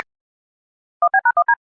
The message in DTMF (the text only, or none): 1B#1D